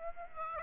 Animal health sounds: mosquito wingbeat signal from an infrared sensor; Aedes aegypti

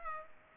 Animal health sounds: mosquito wingbeat signal from an infrared sensor; Culex pipiens

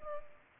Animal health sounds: mosquito wingbeat signal from an infrared sensor; Culex pipiens

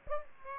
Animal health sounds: mosquito wingbeat signal from an infrared sensor; Aedes aegypti

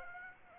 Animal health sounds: mosquito wingbeat signal from an infrared sensor; Aedes aegypti

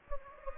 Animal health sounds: mosquito wingbeat signal from an infrared sensor; Anopheles gambiae

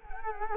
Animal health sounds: mosquito wingbeat signal from an infrared sensor; Culex quinquefasciatus

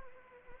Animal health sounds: mosquito wingbeat signal from an infrared sensor; Anopheles arabiensis

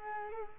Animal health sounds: mosquito wingbeat signal from an infrared sensor; Culex quinquefasciatus

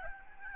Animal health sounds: mosquito wingbeat signal from an infrared sensor; Aedes albopictus

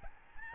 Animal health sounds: mosquito wingbeat signal from an infrared sensor; Aedes albopictus

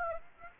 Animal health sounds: mosquito wingbeat signal from an infrared sensor; Aedes aegypti

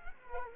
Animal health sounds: mosquito wingbeat signal from an infrared sensor; Culex quinquefasciatus

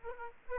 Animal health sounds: mosquito wingbeat signal from an infrared sensor; Aedes aegypti

